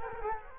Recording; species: mosquito wingbeat signal from an infrared sensor; Culex quinquefasciatus